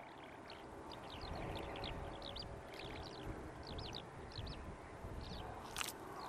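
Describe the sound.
Lark song, a run of short, high twittering notes scattered with small gaps, over a steady broad rushing background, with one sharp click near the end.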